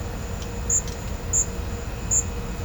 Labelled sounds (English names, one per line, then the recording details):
none
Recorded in pastures near Puerto Asís, Putumayo, Colombia, on 20 December 2024 at 14:00
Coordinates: 0.502, -76.324
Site G077